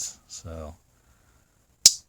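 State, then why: Seated. A stockman slip-joint pocket knife blade is closed into its handle under the backspring after someone talks briefly. At 1.9 s a sharp, bright snap rings out as the blade snaps shut and seats firmly, with a good, strong snap.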